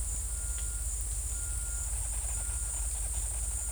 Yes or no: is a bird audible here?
no